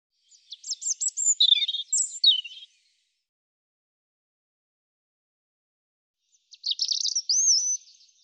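European robin delivering two high, liquid phrases of quick clicks and wavering whistles, the pair split by a silence of nearly four seconds.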